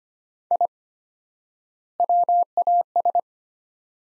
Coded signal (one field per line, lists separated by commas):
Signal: Morse code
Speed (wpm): 25 wpm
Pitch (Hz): 700 Hz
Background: none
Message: I WAS